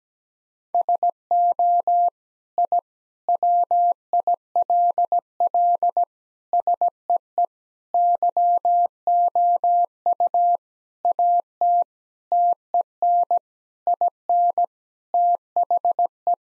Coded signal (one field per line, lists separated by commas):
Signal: Morse code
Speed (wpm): 17 wpm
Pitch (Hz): 700 Hz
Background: none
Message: SO I WILL SEE YOU AT TEN IN THE